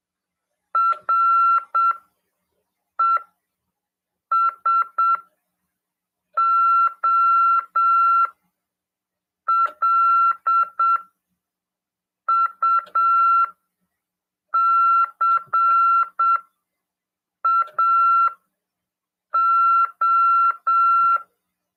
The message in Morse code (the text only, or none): RESOLUCAO